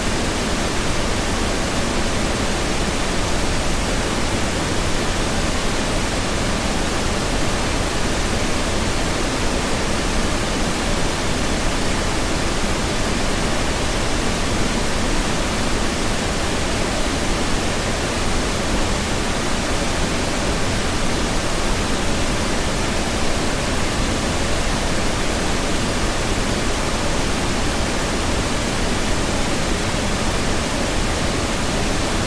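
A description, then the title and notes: Pink noise runs without a break for the whole clip, a dense, even hiss with a fuller, softer low end than plain static. Its level stays flat from start to finish, with no events, changes or other sounds. PINK NOISE.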